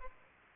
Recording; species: mosquito wingbeat signal from an infrared sensor; Culex pipiens